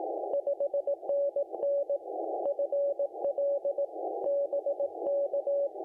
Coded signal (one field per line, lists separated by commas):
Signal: Morse code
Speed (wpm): 18 wpm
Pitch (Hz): 570 Hz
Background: none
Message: 5NN FL BK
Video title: Ultimate POTA Logging Guide: Hunting, Activating & Mobile App!